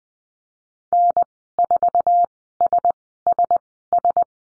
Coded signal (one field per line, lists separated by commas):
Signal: Morse code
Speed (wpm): 20 wpm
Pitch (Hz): 700 Hz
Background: none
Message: N4SSS